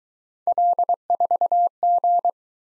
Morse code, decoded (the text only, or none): L4G